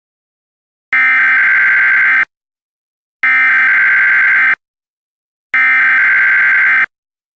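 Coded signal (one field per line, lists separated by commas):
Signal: Emergency Alert System (SAME) tones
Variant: header bursts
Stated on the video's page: Fictional Emergency Alert System scenario with a civil danger warning.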